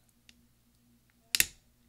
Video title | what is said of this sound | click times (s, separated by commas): UP ARROW key replacement on the 13" Macbook Pro Unibody Core 2 Duo 2.26 Ghz | on this bottom part right here and we're just going to slowly wedge it up until it snaps out | 1.3 s, 1.4 s